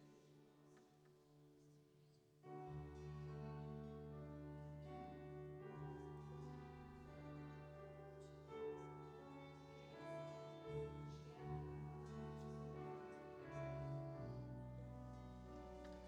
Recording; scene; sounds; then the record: everyday scene through a hearing-aid microphone; reverberant space; music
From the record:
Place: church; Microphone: in the ear canal, right